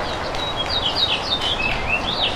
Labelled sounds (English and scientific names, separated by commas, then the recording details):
House Finch (Haemorhous mexicanus) song
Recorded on Long Island, New York, on 1 June 2012
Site AS
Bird A